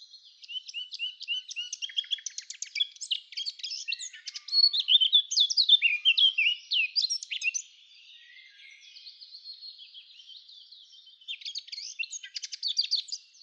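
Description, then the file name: Eurasian blackcap singing a long, varied warble of quick chattering and scratchy notes with louder fluty phrases in the middle, a short quiet gap, then renewed twittering. "Sylvia atricapilla"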